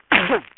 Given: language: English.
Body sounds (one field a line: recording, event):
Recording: throat vibration sensor signal played as sound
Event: cough